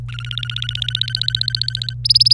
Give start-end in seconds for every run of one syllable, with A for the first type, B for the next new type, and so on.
0.08-1.94 A, 2.04-2.33 B